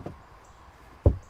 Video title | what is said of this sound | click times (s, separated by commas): The Real DCCarGuy 2021 Audi Q545 TFSAI quattro Review | and it just pops right in there snap | 1.1 s